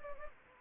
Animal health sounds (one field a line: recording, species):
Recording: mosquito wingbeat signal from an infrared sensor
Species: Anopheles gambiae